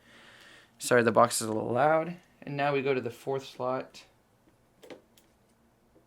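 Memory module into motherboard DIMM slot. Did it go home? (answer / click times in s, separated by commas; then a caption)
no / none. The second memory module is moved to the fourth DIMM slot of a motherboard and lined up there before being pushed home. Someone talks through the first four seconds, then a few faint, short handling ticks follow near 4.8, 4.9 and 5.2 seconds. The module is not seated yet and nothing has clicked.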